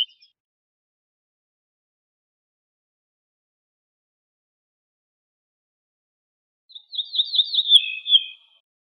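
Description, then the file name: Ortolan bunting song: after a long quiet gap, a phrase of sharp, repeated, downward-slurred notes ends in lower drawn-out tones, with a brief chirp at the very start. "suara kicauan ortolan"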